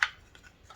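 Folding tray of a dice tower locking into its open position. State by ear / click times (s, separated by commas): seated / 0.0 s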